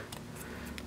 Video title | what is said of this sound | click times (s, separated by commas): TWB #9 - Single Disc Clarion CD Mechanism Repair | probably the easiest one just like that and Bam snaps right in so | 0.1 s, 0.8 s